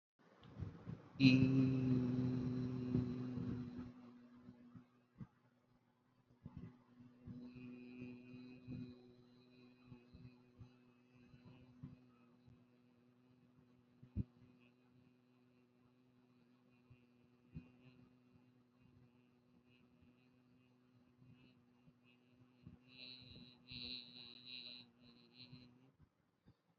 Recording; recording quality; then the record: sustained vowel as in beet; excellent, no background noise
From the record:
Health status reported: healthy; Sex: male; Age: 25 years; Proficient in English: yes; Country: India